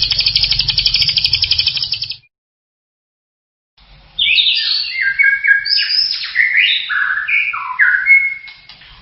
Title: murai batu